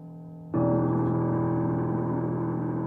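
A low droning hum is suddenly joined by a dense, steady roar of heavy rain that stays loud and constant, with the tonal drone continuing underneath and no talking; the heavy rain has lasted several days without stopping, during storms and floods in central Vietnam.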